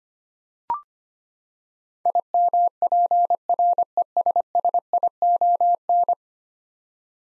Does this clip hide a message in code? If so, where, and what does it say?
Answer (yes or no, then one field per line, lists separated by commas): yes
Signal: Morse code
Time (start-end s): 2.1-6.1 s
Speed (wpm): 25 wpm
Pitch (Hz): 700 Hz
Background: none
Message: IMPRESSION